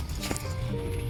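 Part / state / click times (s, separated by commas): ignition coil wiring connector onto coil pack / not seated / none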